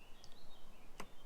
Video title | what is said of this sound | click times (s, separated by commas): Campsites Reopening SOON - Preparing Herman for our FIRST Trip after LOCKDOWN | like so it clicks in as well | 1.0 s